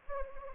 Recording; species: mosquito wingbeat signal from an infrared sensor; Anopheles gambiae